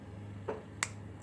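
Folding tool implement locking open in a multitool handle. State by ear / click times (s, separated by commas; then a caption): seated / 0.8 s. A folding implement on a metal Adventuridge 17-in-1 multitool is opened until its spring-loaded lock snaps home at 0.8 s with a sharp, bright click, after a softer sound at 0.5 s and before a faint tick at 1.2 s. A steady low hum runs underneath. The lock seats with a strong spring that keeps the tool from folding.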